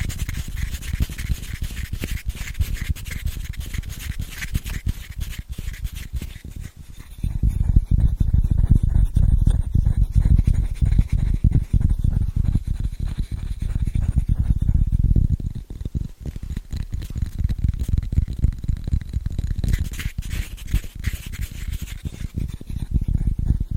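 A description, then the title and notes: Fast, scratchy tapping runs without pause, dense and rapid throughout. The first seven seconds sound brighter and thinner; from about 7 to 15 seconds and again near 19 seconds the taps turn deeper and heavier, with a faint steady high whine behind them. ASMR Fast & Scratchy Tapping (No Talking).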